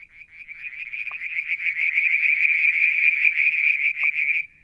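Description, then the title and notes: Frogs calling: a dense, pulsed high trill swelling in and holding, with two short lower knocks. Evening near a water tank at Mount Wilson, New South Wales, Australia, July 2022. "Frog song, Mount Wilson, New South Wales, Australia in July 2022 – by Alexander Moffatt. Limnodynastes Peronii, Litoria Verreauxii and a mystery frog one evening near the water tank"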